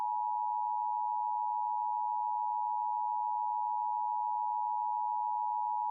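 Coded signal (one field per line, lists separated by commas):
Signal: Emergency Alert System (SAME) tones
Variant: 853 and 960 Hz attention tone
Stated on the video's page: Fictional EAS scenario about a virus outbreak spreading to the United States.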